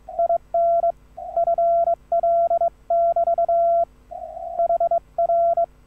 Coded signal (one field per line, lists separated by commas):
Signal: Morse code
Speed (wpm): 23 wpm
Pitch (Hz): 680 Hz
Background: none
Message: IN FL<BT> HR